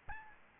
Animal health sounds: mosquito wingbeat signal from an infrared sensor; Aedes albopictus

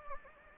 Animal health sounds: mosquito wingbeat signal from an infrared sensor; Anopheles gambiae

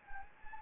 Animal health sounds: mosquito wingbeat signal from an infrared sensor; Anopheles gambiae

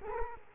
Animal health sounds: mosquito wingbeat signal from an infrared sensor; Culex quinquefasciatus

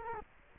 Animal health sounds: mosquito wingbeat signal from an infrared sensor; Culex quinquefasciatus

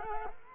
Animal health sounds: mosquito wingbeat signal from an infrared sensor; Culex quinquefasciatus

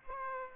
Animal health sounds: mosquito wingbeat signal from an infrared sensor; Aedes aegypti

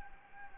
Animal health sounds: mosquito wingbeat signal from an infrared sensor; Anopheles gambiae

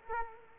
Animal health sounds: mosquito wingbeat signal from an infrared sensor; Culex quinquefasciatus

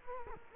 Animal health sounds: mosquito wingbeat signal from an infrared sensor; Culex quinquefasciatus

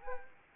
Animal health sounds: mosquito wingbeat signal from an infrared sensor; Anopheles arabiensis

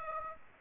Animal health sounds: mosquito wingbeat signal from an infrared sensor; Aedes aegypti

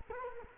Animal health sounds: mosquito wingbeat signal from an infrared sensor; Culex quinquefasciatus

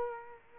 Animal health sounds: mosquito wingbeat signal from an infrared sensor; Culex quinquefasciatus

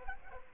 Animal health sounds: mosquito wingbeat signal from an infrared sensor; Culex pipiens

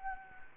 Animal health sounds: mosquito wingbeat signal from an infrared sensor; Anopheles gambiae

